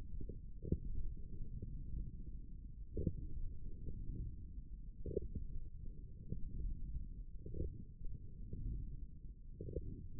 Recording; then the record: forearm muscle sounds (acoustic myography)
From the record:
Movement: wrist flexion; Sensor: system 1, eight BSWA MPA416 microphones around the upper forearm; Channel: 1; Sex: male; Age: 18 years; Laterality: right